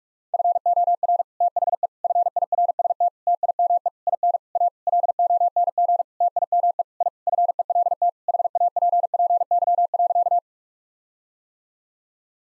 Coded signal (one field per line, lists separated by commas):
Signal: Morse code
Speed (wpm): 41 wpm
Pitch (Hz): 700 Hz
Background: none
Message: FOR THE FIRST TIME IN A LONG TIME I FELT HAPPY.